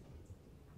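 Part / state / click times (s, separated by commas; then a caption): click torque wrench on a nut tightened by an impact wrench / not seated / none. A click-type torque wrench set to 110 ft-lbs is pulled on a nut that a SeeSii WH760 cordless impact wrench ran on setting two. Only a low, steady rumble is heard with no sharp transients, and the wrench does not click, so the nut is still short of 110 ft-lbs.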